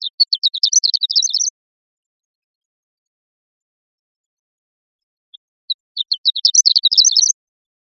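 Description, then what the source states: Bird calls in two quick bursts of rapid, high chirps that rise slightly in pitch, each lasting about a second and a half, separated by several seconds of silence. Recorded in Costa Rica.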